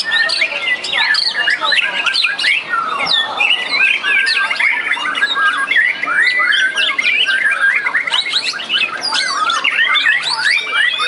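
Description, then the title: White-rumped shama pouring out rapid zigzag whistles and twittering notes in a continuous, jumbled flow. "murai batu"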